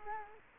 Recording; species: mosquito wingbeat signal from an infrared sensor; Culex quinquefasciatus